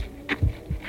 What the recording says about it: We hear the first signs of human life. A heartbeat.